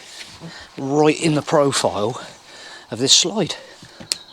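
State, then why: Seated. A plastic storage box with a small lip underneath is pushed down onto the aluminium slide rail profile in a motorhome garage while someone talks. It snaps into place with a sharp click at 4.1 s and sits tight in the rail.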